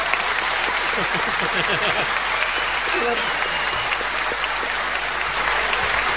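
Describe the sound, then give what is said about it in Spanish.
A steady wash of crowd noise: many people outside, watching on a screen, cheering, greeting and clapping together, a dense, continuous roar with scattered shouts rising above it for several seconds. “A ver, vamos a decir silencio acá adentro y a gritarle, a decir, pedirle a los de afuera que saluden. ¡A ver! Sí, llega, se llega a escuchar algo.”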